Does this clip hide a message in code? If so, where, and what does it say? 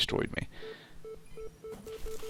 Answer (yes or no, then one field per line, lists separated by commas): no